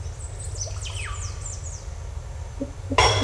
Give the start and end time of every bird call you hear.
[0.01, 1.87] bird call

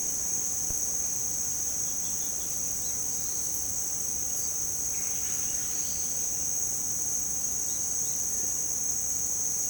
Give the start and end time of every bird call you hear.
[2.01, 2.46] bird call
[2.79, 2.92] bird call
[7.68, 8.15] bird call

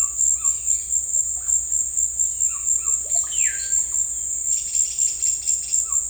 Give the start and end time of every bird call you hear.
[0.00, 0.98] bird call
[2.52, 3.85] bird call
[4.51, 6.09] bird call

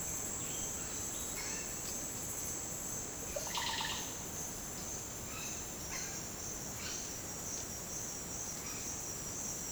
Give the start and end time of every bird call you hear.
[0.09, 1.79] bird call
[3.17, 4.01] bird call
[5.28, 7.03] bird call

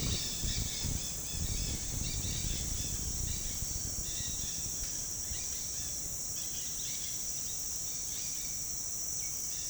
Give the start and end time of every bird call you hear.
[0.07, 8.49] bird call

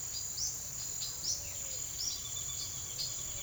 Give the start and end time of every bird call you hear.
[0.14, 3.19] bird call

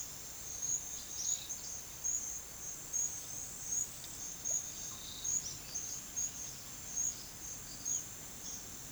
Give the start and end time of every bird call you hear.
[1.07, 1.50] bird call
[4.55, 5.78] bird call

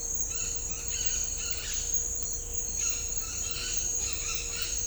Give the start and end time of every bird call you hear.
[0.28, 1.81] bird call
[2.75, 4.87] bird call

